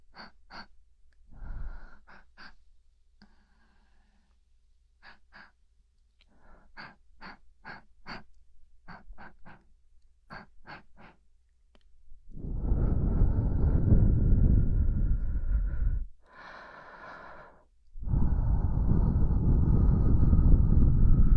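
Relaxing ear massage: soft, sparse clicks and taps for the first twelve seconds, then dense rubbing and brushing with one brief pause.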